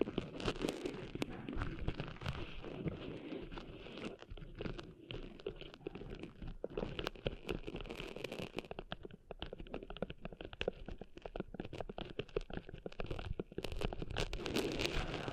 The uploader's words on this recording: ASMR Cleaning Sand Out of Your Ears (No Talking).